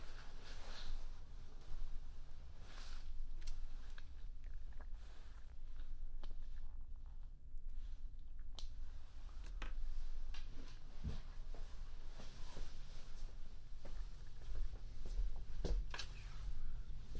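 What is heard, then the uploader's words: Breakfast at a hotel: a steady low indoor hum with scattered clinks and taps of cutlery and dishes, sharpest around eleven and sixteen seconds. A binaural recording of eating a quick breakfast at the hotel.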